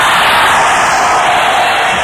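A large crowd cheers and shouts in one continuous, loud roar of many voices blended together, steady from start to finish with no single voice standing out.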